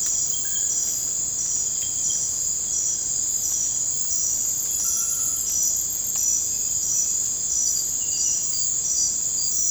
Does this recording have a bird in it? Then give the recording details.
no. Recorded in dense forest near Puerto Asís, Putumayo, Colombia, on 22 December 2024 at 01:00. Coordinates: 0.481, -76.323. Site G100